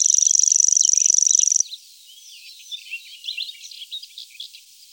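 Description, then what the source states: Common grasshopper warbler giving a high ticking reel that stops after under two seconds, followed by faint assorted chirping. Recorded in Germany, Austria, Switzerland.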